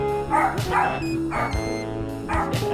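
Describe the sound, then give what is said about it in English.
A dog barks four or five times in short, irregular bursts, its mid-pitched woofs standing out over a steady, sustained tonal backdrop that continues throughout. “Yeah, hear that dog bark.”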